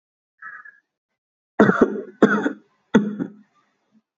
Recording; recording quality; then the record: shallow voluntary cough; excellent, no background noise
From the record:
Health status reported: healthy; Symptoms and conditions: none ticked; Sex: male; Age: 32 years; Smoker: not ticked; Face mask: not worn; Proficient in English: yes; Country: India